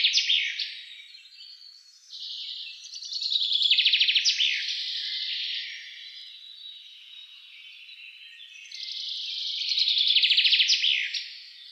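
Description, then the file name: Common chaffinch song, two phrases of fast repeated notes, each ending in a flourish. "Fringilla coelebs"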